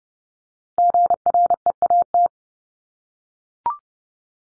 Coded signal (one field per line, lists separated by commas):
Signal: Morse code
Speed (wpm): 30 wpm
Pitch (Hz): 700 Hz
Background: none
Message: GREAT